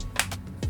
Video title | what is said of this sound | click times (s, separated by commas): SUPCASES for the iPhone 13 mini and 13! | sure it clicks all over and | 0.2 s